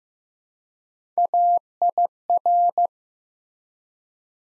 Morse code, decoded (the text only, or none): AIR